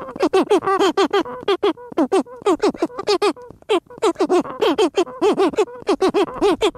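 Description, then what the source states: Cory's shearwater chorus of hoarse, moaning, wavering cries repeated quickly, several birds calling over one another in a continuous raucous series. Cory's shearwater vocalizations during mating, seabirds.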